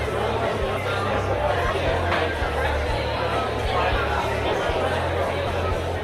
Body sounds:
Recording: background sound without coughing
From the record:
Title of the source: CITY SOUNDS Busy Bar in the Evening Night - 2 HOURS of Ambiance for Relaxation

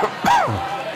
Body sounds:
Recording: coughing mixed with background sound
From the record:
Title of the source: Heavy cold and sore throat coughing.

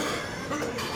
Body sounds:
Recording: coughing mixed with background sound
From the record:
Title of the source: Wet Throat Infection Cough

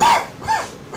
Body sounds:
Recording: coughing mixed with background sound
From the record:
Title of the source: Spring Cold Coughing 2

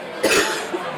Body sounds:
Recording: coughing mixed with background sound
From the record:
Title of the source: 60 coughing still (deep and wet cough)

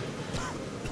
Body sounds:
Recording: coughing mixed with background sound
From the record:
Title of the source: Coughing 51

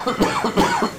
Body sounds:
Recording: coughing mixed with background sound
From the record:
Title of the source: Spring Allergy Coughing

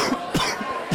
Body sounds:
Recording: coughing mixed with background sound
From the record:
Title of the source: Coughing 46

